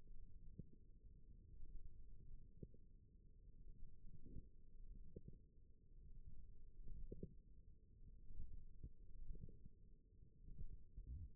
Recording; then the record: forearm muscle sounds (acoustic myography)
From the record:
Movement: wrist flexion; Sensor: system 1, eight BSWA MPA416 microphones around the upper forearm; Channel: 4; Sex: female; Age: 21 years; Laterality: right